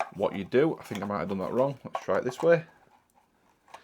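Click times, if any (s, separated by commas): none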